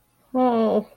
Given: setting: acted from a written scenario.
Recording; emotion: vocal sound without words; guilt